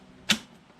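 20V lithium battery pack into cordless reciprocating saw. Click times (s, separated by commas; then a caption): 0.3 s. A SnapFresh 20V 2.5Ah lithium battery pack is pushed onto the battery rail of a SnapFresh cordless reciprocating saw and latches with a single sharp click at 0.3 s, then fades quickly against quiet background hiss. The battery is seated, clicking into the saw, unlike the same brand's leaf blower, whose battery does not click into the device.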